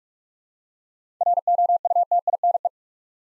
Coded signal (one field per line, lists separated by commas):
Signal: Morse code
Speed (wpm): 46 wpm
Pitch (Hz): 700 Hz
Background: none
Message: ROUTINE